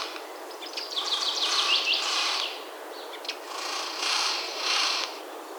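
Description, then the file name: Eurasian jay calling with rough, grating screeches in quick rasping bursts, then two longer hoarse calls after a brief pause. "Garrulus glandarius"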